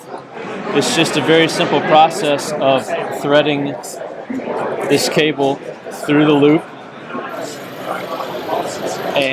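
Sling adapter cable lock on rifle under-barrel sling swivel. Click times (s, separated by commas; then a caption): 9.2 s. Someone talks while threading a sling adapter cable through the under-barrel sling swivel loop of an AR-style rifle. A short, sharp snap is heard at 9.2 s as the cable locks into place, seated securely.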